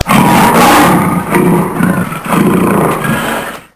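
Lion roaring: several loud, rough, deep roars run together with short dips between, in a harsh, noisy sound.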